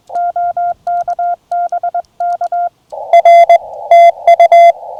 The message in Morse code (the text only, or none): OK BK R TU